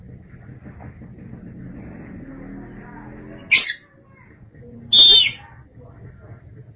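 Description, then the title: Oriental magpie-robin uttering two brief notes over a soft low background rumble, first a rasping burst, then a short clear whistled note. "Suara Kicauan Burung Kacer Durasi Panjang"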